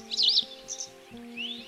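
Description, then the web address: Wagtail calls: a quick, high, twittering chirp, then a softer chirp and a thin rising note, over a steady low hum. "lavanderas aves lavandera"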